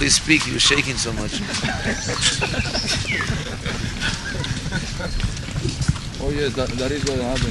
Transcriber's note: laughter